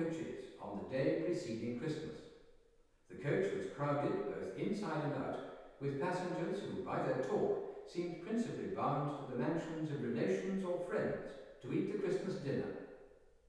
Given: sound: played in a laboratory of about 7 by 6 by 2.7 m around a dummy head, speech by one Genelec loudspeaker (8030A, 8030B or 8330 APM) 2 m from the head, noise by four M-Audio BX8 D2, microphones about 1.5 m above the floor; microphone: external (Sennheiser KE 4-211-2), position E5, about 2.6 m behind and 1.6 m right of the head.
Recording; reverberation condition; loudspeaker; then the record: male speech in English; high; 60 degrees to the left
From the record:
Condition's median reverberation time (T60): about 1300 ms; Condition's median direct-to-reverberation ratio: about -4.0 dB